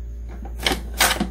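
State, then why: Seated. The metal lid of an Instant Pot electric pressure cooker is turned in the closing direction until it locks onto the pot, and its pin moves. Two sharp snaps ring out at 0.7 s and 1.0 s over a low steady hum, with a fainter tick just before. The lid is seated and locked onto the pot.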